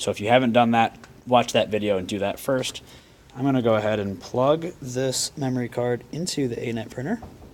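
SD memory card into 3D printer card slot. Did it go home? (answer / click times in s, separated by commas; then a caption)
no / none. An SD memory card is being handled at the card slot of an Anet A8 3D printer, ready to be pushed in until it clicks and latches. Someone talks throughout, with no other distinct sounds. Nothing has seated or clicked yet.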